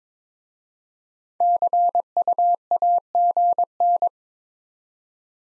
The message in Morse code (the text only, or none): CUAGN